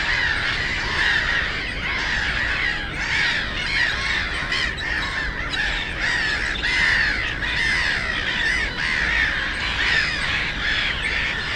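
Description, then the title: Black-headed gulls giving loud, harsh screeching calls, many overlapping in a noisy flock, with constant low road rumble beneath. Many black-headed gulls, loudest of plentiful birds on ponds of a former coal-mining area, Frog Ponds nature complex, Bytom, Poland; road DK79 and railway noise. "Żabie Doły, Bytom, Polska - Black-headed gulls at Frog Ponds complex"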